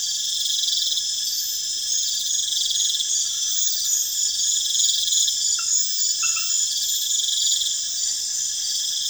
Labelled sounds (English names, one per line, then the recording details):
none
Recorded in pastures near Puerto Asís, Putumayo, Colombia, on 25 June 2025 at 21:00
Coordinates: 0.502, -76.324
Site G010